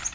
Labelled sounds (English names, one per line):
Nashville Warbler flight call